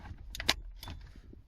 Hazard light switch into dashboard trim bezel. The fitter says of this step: put it in here slide it in and then just wait for it to click